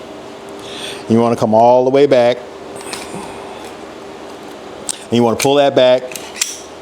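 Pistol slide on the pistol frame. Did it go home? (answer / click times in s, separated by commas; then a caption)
yes / 6.4 s. During reassembly of a handgun after cleaning, the metal pistol slide is pulled back on the pistol frame while someone talks. After a brief sharp tick at 4.9 s, the slide clicks and locks into place at 6.4 s, and the slide is seated.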